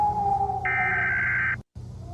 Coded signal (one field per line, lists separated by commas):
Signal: Emergency Alert System (SAME) tones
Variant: header bursts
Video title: lsreal EAS ALERT: Middile East cold war Scenerio! [FREE TO USE]